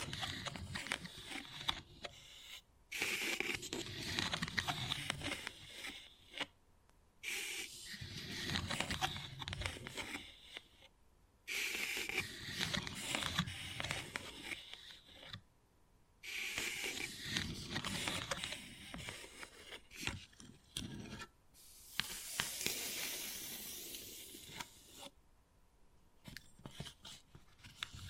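Wood carving sounds: repeated scraping and scratching strokes, each lasting a second or two, separated by brief silences. The strokes are rough and hissy, some brighter and sharper, especially a long bright scrape around twenty-two to twenty-five seconds, with occasional small taps between them.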